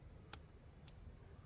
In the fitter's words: And I heard it snap there.